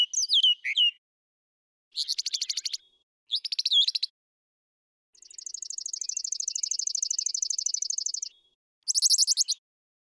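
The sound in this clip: Brown thrasher song with varied chattering phrases separated by pauses, including a long even dry trill lasting about three seconds and harsh rapid bursts.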